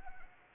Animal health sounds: mosquito wingbeat signal from an infrared sensor; Anopheles gambiae

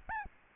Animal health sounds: mosquito wingbeat signal from an infrared sensor; Aedes albopictus

